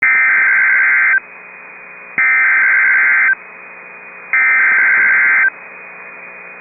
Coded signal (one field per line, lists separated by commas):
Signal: Emergency Alert System (SAME) tones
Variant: header bursts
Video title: Tornado Warning (9/14/25) [EAS #320]